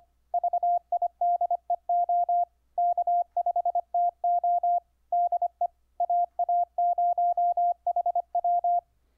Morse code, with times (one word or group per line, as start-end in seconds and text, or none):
0.3-2.4 VIDEO
2.8-4.8 K5TO
5.1-5.7 DE
6.0-8.8 AA0HW